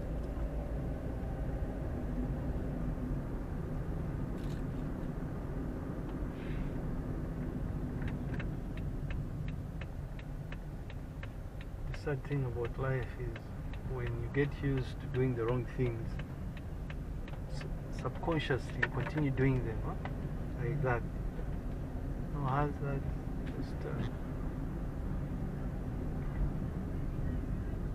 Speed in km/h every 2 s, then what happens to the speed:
23, 27, 28, 26, 16, 11, 12, 13, 14, 17, 20, 22, 22, 21.
0-5 steady at about 27. 5-10 slows to 11. 10-21 speeds up to 22. 21-28 steady at about 22.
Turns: none.